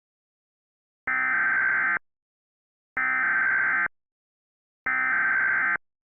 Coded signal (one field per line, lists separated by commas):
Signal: Emergency Alert System (SAME) tones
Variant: header bursts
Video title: [EAS SCENARIO / ANALOG HORROR] - Piercing Freeze